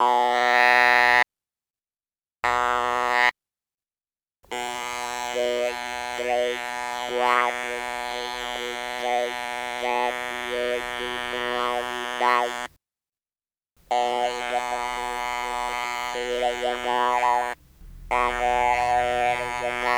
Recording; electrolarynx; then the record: speech with an electrolarynx; modified device, with random pitch perturbation and pitch set by sex and age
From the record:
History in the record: total laryngectomy